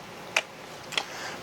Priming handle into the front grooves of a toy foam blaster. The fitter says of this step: Push the handle back and it locks into place. Pretty easy, pretty simple.